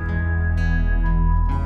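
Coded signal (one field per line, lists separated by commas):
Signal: none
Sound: organ notes in music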